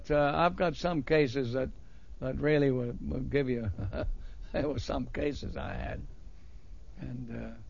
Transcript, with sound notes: But, uh, I've got some cases that really would give you ( he laughs ) they were some cases I had. And, uh...